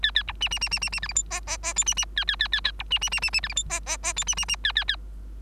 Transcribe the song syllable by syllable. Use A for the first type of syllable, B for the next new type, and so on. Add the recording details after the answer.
A A B C C C C C C D E F G G G H C C A A A A A B C C C C C D E F G G G H C C C A A A. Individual Bird3